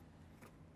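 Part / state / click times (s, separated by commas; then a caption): door latch cable end into inside door handle / not seated / none. A plastic latch cable end on a 1998–2011 Ford Ranger front interior door handle latch cable is brought down toward the inside door handle housing, with a steady low hum and a brief soft rustle of handling around 0.4–0.5 s. The cable end has not seated or clicked into the handle yet.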